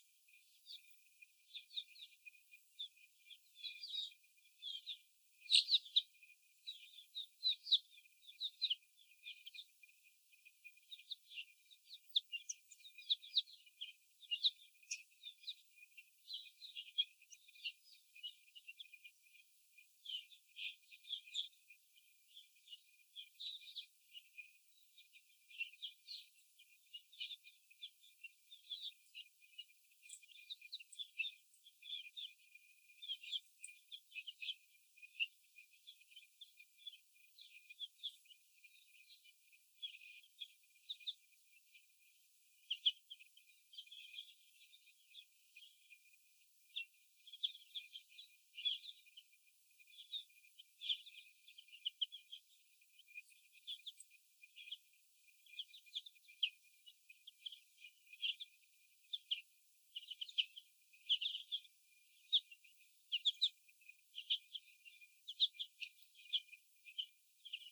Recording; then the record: young laying hens in a cage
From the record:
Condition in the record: before the stressor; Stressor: sudden umbrella opening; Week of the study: 2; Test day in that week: 1